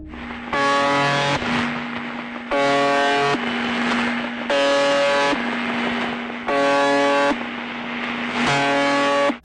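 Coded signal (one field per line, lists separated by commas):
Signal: channel marker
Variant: UVB-76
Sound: five harsh one-second buzzes about two seconds apart, with a faint steady hum between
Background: radio static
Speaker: experts believe the station has been broadcasting since the early 1970s on the am frequency of 4625 kilohertz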